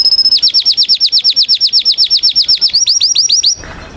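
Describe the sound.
Canary song: a rapid series of downslurred chirps, slowing slightly before ending abruptly.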